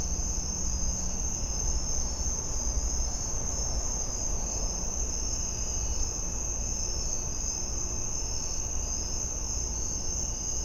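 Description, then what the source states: Crickets chirping in a dense, continuous high-pitched chorus that holds steady throughout, over a constant low rumble. In a suburban back yard.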